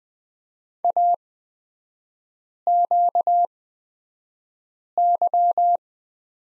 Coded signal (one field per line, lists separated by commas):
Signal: Morse code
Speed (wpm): 20 wpm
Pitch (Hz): 700 Hz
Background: none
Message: AQY